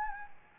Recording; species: mosquito wingbeat signal from an infrared sensor; Anopheles gambiae